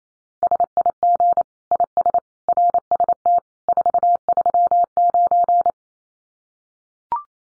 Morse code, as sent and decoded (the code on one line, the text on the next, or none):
... .. --. / .. ... / .-. ... - / ....- ...-- ----.
SIG IS RST 439